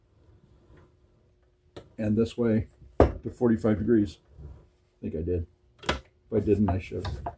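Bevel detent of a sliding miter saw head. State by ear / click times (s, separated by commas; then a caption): not seated / none. Someone talks while handling the bevel detent of a Hercules 12-inch sliding miter saw head, with brief handling knocks near 1.8 s and 5.9 s. The head has not yet dropped into its bevel detent, and nothing has clicked or locked yet.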